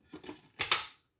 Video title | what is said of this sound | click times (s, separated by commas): 1628 OurOkHome Hand Crank Cheese Grater Rotary Shredder Mandolin Slicer 3 Interchangeable Blades how | There you go, and there's the click. | 0.6 s, 0.7 s